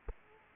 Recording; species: mosquito wingbeat signal from an infrared sensor; Aedes aegypti